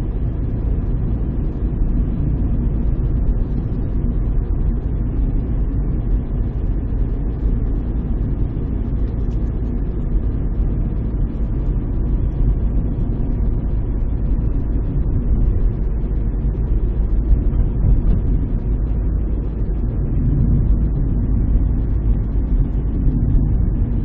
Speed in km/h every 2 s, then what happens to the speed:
42, 39, 43, 43, 42, 41, 42, 42, 42, 40, 41, 43.
0-24 steady at about 42.